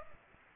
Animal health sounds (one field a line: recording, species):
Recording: mosquito wingbeat signal from an infrared sensor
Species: Aedes aegypti